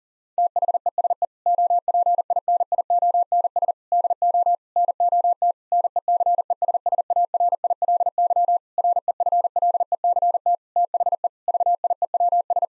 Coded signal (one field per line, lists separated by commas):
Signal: Morse code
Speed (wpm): 37 wpm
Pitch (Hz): 700 Hz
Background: none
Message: THESE OPINIONS DO NOT NECESSARILY REFLECT THE VIEWS